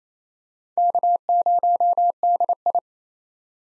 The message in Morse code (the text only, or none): K0DI